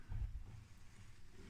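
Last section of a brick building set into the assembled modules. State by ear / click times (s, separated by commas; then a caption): not seated / none. The last plastic brick section of the Lego 10292 The Friends Apartments set is picked up and moved into position, ready to be slid into the assembled modules. A dull low rumble of handling builds from about 0.1 to 0.4 s, then settles into a steady low background murmur. Nothing has seated or clicked yet.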